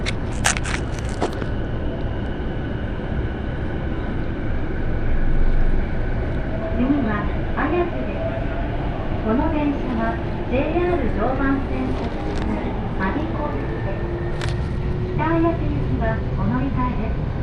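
A Joban Line local train rumbles steadily, its motor whine rising from about six seconds amid voices and sharp clacks.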